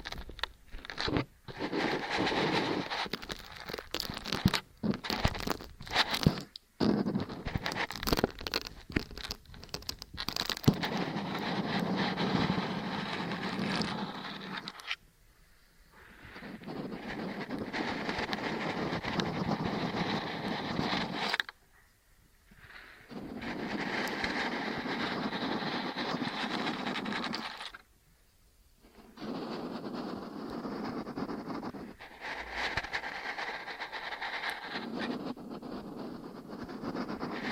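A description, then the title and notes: Ear cleaning and kinetic sand sounds: dense crackly rubbing in bursts of about six seconds, separated by short silences, with sharp clicks early on. ASMR Intense Ear Stimulation Ear Cleaning, Kinetic Sand, Piercing Sounds (No Talking).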